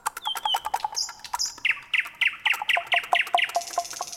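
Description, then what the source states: Common nightingale song: a soft chatter, two high buzzy notes, then a loud series of about eight sharp notes repeated rapidly and evenly. Heard in cities.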